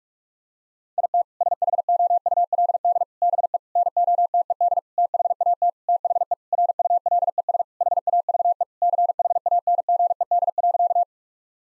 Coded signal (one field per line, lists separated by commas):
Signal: Morse code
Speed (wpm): 43 wpm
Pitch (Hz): 700 Hz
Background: none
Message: IT SHOULD BE NOTED THAT THE RULES HAVE CHANGED.